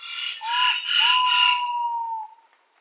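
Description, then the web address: Ivory-breasted pitta's short-then-long whistle running beneath a loud, harsh, overlapping call from another bird, with insects droning high above. Indonesia. "ULM-DS-Lab indonesian-bird-sounds. Pitta maxima"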